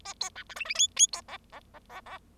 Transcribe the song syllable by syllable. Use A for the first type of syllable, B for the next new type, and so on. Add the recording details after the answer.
A B C D E E F F B G G G G G. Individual Bird0